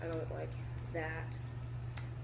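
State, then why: Seated. A detachable side controller is slid down the rail of a handheld game console until it locks in place. Over steady low hum and someone talking, a short sharp click is heard at 2.0 seconds as the controller seats onto the console.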